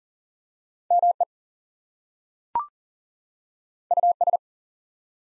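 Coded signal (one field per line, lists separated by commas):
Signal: Morse code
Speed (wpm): 40 wpm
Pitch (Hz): 700 Hz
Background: none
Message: ME US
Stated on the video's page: Two-letter words in Morse code at 40 wpm for head-copy practice, each sent twice.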